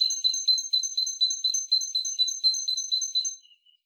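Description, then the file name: Great tit calling with a fast, even series of high chattering notes for about three and a half seconds before it stops. "Parus major"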